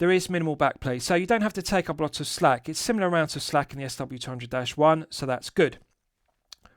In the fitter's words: Pushing it back in, it's got a nice positive click